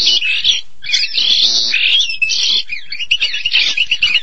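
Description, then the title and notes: Starling song, a busy run of rasping, chattering notes mixed with squeaky whistles, with one short break near the start. "suara burung jalak"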